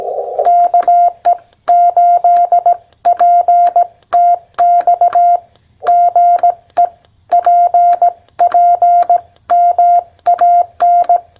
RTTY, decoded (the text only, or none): none